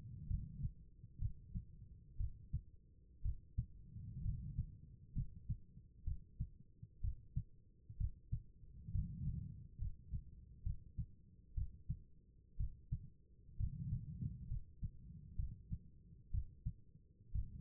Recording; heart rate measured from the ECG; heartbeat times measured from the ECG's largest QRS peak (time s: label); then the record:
heart sounds by stethoscope; 63 bpm
0.27 s: heartbeat
1.18 s: heartbeat
2.17 s: heartbeat
3.22 s: heartbeat
4.22 s: heartbeat
5.13 s: heartbeat
6.04 s: heartbeat
7.01 s: heartbeat
7.97 s: heartbeat
8.91 s: heartbeat
9.78 s: heartbeat
10.63 s: heartbeat
11.54 s: heartbeat
12.57 s: heartbeat
13.57 s: heartbeat
14.47 s: heartbeat
15.36 s: heartbeat
16.31 s: heartbeat
17.31 s: heartbeat
From the record:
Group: healthy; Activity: cold pressor test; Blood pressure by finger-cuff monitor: 85/56 mmHg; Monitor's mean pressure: 64 mmHg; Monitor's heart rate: 63 bpm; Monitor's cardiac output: 4.7 L/min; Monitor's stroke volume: 74 mL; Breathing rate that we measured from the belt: 13 breaths a minute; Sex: female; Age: 36 years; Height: 163 cm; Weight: 88 kg